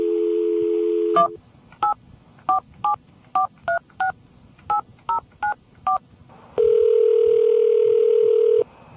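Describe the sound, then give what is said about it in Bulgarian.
A steady dial tone cuts off and eleven short touch-tone beeps follow in an even rhythm, each a two-pitch chirp, as a destination phone number is dialed, before another continuous tone returns. No one speaks. “Your destination number now.”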